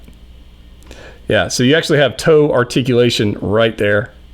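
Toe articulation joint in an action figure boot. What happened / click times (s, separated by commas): Handled, not yet home: the figure's toe joint has not snapped into position / none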